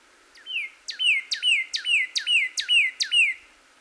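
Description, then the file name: Northern cardinal song: steady series of several repeated slurred whistles, each sweeping sharply down then leveling, delivered evenly. Recorded 26 April 2019. "2019-04-26 Cardinal"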